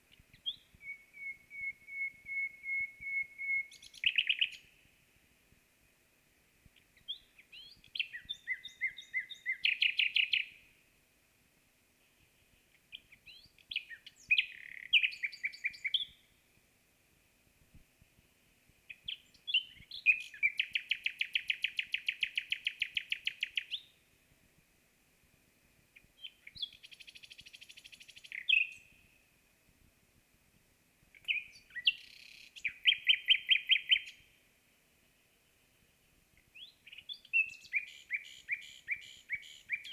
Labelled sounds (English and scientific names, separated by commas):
Common Nightingale (Luscinia megarhynchos) song